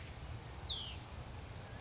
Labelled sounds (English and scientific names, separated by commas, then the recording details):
Hutton's Vireo (Vireo huttoni)
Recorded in Sonoma County, California